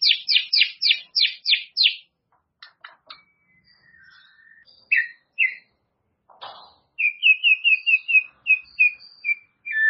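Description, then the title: White-rumped shama song opening with a series of loud repeated notes, then scattered soft notes and a quick run of bright whistles. "murai batu"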